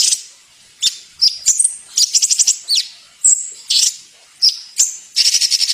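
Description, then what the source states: Bird song: high chirps, pulsed trills and clear whistled notes in irregular bursts, ending with a fast chattering trill. Training song (masteran) for songbirds.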